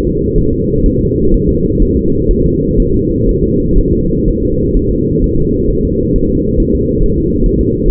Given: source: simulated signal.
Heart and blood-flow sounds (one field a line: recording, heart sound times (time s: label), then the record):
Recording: fetal heart sounds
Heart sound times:
0.07 s: S2
0.38 s: S1
0.53 s: S2
0.86 s: S1
1.01 s: S2
1.34 s: S1
1.49 s: S2
1.82 s: S1
1.97 s: S2
2.31 s: S1
2.46 s: S2
2.80 s: S1
2.94 s: S2
3.29 s: S1
3.44 s: S2
3.79 s: S1
3.93 s: S2
4.28 s: S1
4.43 s: S2
4.77 s: S1
4.91 s: S2
5.24 s: S1
5.39 s: S2
5.70 s: S1
5.85 s: S2
6.16 s: S1
6.30 s: S2
6.60 s: S1
6.75 s: S2
7.04 s: S1
7.18 s: S2
7.46 s: S1
7.61 s: S2
7.89 s: S1
From the record:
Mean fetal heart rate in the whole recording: 130 bpm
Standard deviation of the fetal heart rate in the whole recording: 4 bpm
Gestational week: 38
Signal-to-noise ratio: -15.3 dB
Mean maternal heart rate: 72 bpm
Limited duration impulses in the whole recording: present